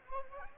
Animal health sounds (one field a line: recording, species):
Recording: mosquito wingbeat signal from an infrared sensor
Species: Anopheles arabiensis